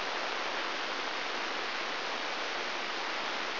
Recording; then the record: brain microelectrode recording played as sound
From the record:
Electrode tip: outside the subthalamic nucleus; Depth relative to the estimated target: 4 mm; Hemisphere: left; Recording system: AlphaMap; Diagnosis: Parkinson's disease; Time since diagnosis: 21 years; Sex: female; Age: 61 years